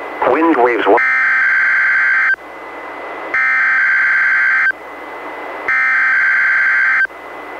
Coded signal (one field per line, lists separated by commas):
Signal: Emergency Alert System (SAME) tones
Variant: header bursts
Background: speech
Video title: EAS #508: NWR Required Weekly Test- May 12, 2021- 11:00AM PDT